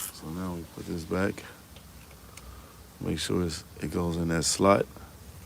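During a vehicle repair, a removed part is put back and guided into its slot on the vehicle, where it is meant to lock in place before being tightened down with channel locks. Someone talks over faint handling noise. The part has not seated or locked in yet.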